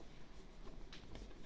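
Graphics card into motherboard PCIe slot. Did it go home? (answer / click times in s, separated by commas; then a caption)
no / none. A graphics card is handled at a motherboard's PCIe x16 slot, with two short broadband bursts at about 0.9 and 1.2 seconds over low background noise. The card has not seated yet and no click has been heard from the slot's retention latch.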